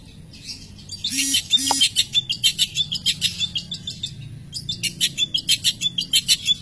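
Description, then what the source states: Long-tailed shrike song, a harsh burst with two low blips, then rapid high chirps repeated in a fast series. Masteran recording, a collection of various songbird sounds used for training songbirds.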